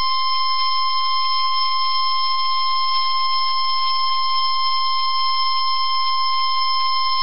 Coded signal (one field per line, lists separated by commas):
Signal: Emergency Alert System (SAME) tones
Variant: 1050 Hz attention tone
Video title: The last NOAA Weather Radio Weeklies for 2021 (EAS #799-#813)